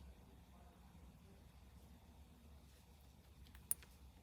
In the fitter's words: did you hear it click